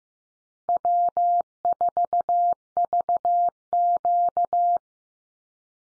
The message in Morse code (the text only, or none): W4VQ